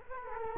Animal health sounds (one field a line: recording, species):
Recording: mosquito wingbeat signal from an infrared sensor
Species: Culex quinquefasciatus